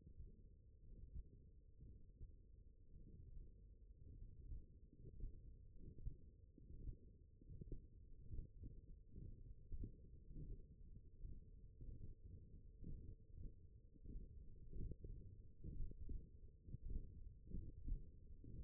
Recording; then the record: forearm muscle sounds (acoustic myography)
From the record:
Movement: hook grip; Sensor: system 1, eight BSWA MPA416 microphones around the upper forearm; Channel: 5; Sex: male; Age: 21 years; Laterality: right